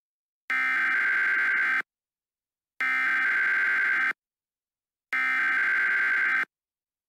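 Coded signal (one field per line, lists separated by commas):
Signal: Emergency Alert System (SAME) tones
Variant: header bursts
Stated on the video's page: Fictional joke EAS scenario about poisonous shakes, a simulated alert.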